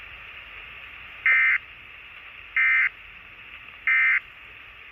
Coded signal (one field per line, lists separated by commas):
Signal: Emergency Alert System (SAME) tones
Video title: ENVIRONMENT CANADA - TORNADO WARNING - UNIDEN SDS100 6-27-2020